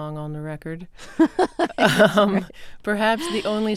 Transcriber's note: soundbite of laughter